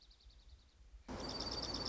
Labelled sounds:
Dark-eyed Junco

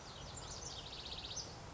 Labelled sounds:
House Wren

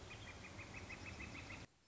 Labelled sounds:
Northern Flicker

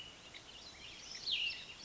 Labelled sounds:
Cassin's Vireo

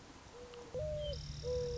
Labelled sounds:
Mourning Dove

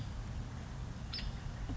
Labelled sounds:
Nuttall's Woodpecker

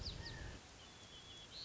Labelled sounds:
White-crowned Sparrow

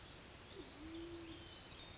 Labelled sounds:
Band-tailed Pigeon

